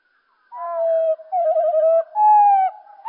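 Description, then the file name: Common blackbird song, slowed down, heard as low, drawn-out whistled notes that waver and slide, ending in a short rising note. "Merle Et Merle Au Ralenti Merle noir ralenti"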